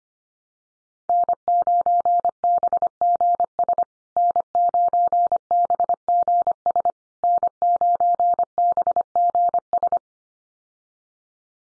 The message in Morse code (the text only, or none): N9BGS N9BGS N9BGS